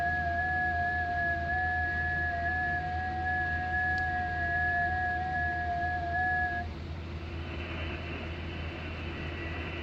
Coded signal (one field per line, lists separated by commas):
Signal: FT8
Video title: Poor mans ft8 ham radio method